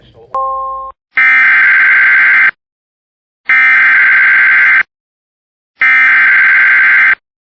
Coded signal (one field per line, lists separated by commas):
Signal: Emergency Alert System (SAME) tones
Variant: header bursts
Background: speech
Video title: Giving My WR300 a Peanut Butter and Jelly Sandwich! EAS Alerts from 6/14/2026 (EAS 302-328)